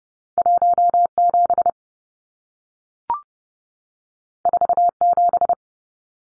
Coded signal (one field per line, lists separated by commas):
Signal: Morse code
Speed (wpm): 30 wpm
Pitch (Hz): 700 Hz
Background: none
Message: 17 47